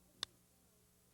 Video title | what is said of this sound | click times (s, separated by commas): Gentle Leader Headcollar - Step By Step Training video (Dog Training VHS) 1990's | You'll hear a snap as it locks. | 0.2 s